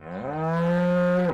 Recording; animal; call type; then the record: contact call of a hoofed animal; cattle; low-frequency (closed-mouth) or high-frequency (open-mouth) call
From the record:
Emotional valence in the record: negative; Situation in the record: full separation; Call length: 1.34 s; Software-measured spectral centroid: 1260 Hz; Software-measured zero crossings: 1010 a second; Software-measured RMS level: -24 dBFS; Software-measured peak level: -16 dBFS